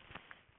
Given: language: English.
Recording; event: throat vibration sensor signal played as sound; swallow